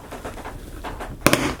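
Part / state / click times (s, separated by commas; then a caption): plywood part into wooden model clock frame / seated / 1.3 s. A plywood part of a wooden mechanical clock model kit, a Tourbillon table clock, is pressed by hand into its wooden frame. After quiet faint shuffling, a sharp loud crack at 1.3 s is followed by a smaller snap just after, and the part seats home.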